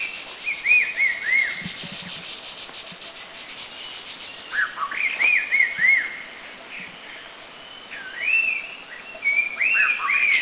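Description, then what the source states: Red-faced liocichla whistles: clear arched notes in short runs, repeated every couple of seconds over a steady background hiss. Recorded in Thailand.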